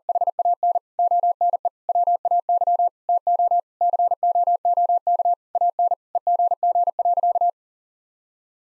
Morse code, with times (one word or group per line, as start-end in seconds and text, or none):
0.1-0.8 HAN
1.0-1.7 ONE
1.9-2.9 WAY
3.1-3.6 TO
3.8-5.3 COOK
5.6-5.9 AN
6.2-7.5 EGG.